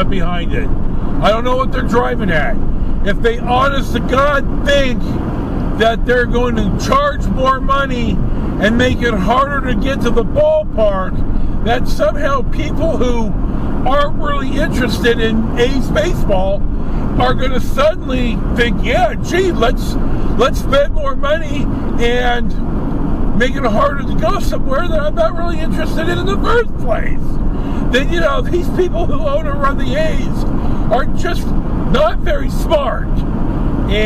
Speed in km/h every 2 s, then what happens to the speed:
87, 85, 85, 85, 85, 85, 85, 85, 85, 85, 82, 82, 82, 82, 82, 82, 81.
0-34 steady at about 85.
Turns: none.